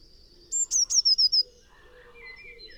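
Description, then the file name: Eurasian blue tit song: a thin high note and two sharp notes, followed by a quick descending trill, lasting roughly one second, with faint lower birdsong afterward. "Cyanistes caeruleus"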